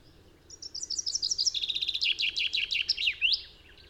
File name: Fringilla coelebs